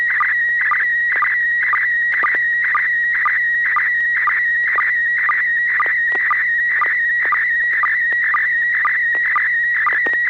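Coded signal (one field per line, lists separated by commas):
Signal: SSTV (slow-scan television)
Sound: steady high warbling tone with rhythmic chirpy ticks about twice a second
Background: low hum, FM hiss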